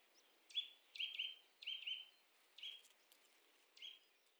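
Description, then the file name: Eurasian nuthatch: a run of sharp, emphatic notes with a level tone, several coming in close succession, then two spaced notes, against quiet background noise. "Sitta europaea"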